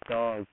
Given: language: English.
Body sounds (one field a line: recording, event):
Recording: throat vibration sensor signal played as sound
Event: speech